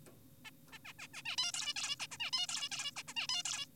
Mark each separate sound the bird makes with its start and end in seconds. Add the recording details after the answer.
0.45-0.50, 0.72-0.78, 0.85-0.93, 0.99-1.08, 1.14-1.22, 1.26-1.36, 1.38-1.52, 1.54-1.74, 1.76-1.96, 2.00-2.07, 2.11-2.18, 2.20-2.31, 2.33-2.47, 2.49-2.69, 2.72-2.91, 2.96-3.03, 3.08-3.14, 3.17-3.27, 3.29-3.43, 3.45-3.66. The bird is an adult. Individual g4p5U